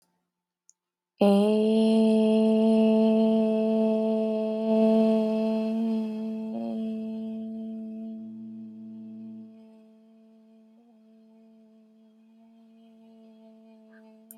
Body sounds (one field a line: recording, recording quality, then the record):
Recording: sustained vowel as in made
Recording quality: excellent, no background noise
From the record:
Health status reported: healthy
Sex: female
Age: 30 years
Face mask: not worn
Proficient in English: yes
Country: United States